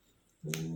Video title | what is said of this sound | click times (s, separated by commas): Robocop + Hercules = CA DEGAGE ! | OK, ça se clipse bien. | 0.5 s